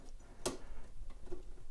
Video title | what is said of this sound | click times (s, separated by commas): H5 Frankenlight Build Video - A DIY 8,000 Lumen High CRI Video Light | and the fan locks into place, easy enough. | 0.5 s